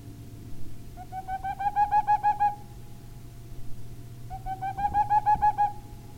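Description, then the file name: Boreal owl gives two rapid, evenly spaced trains of hollow hoots that rise gently in pitch, with a low background hum throughout. "Parluggla"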